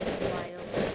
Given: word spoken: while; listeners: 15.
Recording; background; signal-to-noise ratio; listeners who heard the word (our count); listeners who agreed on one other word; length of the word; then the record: one English word in noise, from a listening test; noise modulated by three-talker babble; -7.9 dB; 4 of 15; 6 of 15; 0.55 s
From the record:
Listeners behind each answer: 6, 4, 2, 2, 1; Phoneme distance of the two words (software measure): 7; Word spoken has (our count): 1 syllable, 3 phonemes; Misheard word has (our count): 1 syllable, 4 phonemes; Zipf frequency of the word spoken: 5.45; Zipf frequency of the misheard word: 4.96